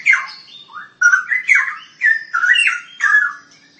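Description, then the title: Long-tailed shrike song of short bursts of varied scratchy and whistled notes, delivered in quick succession. "Kicau Burung Pentet"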